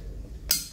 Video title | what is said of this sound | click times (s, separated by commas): armscor TAC ultra cal.45 FS pistol disassemble assemble, common mistakes on assemble explained | nakita niyo nag-click narinig niyo pala narinig niyo nag-click Okay so balik na yung | 0.5 s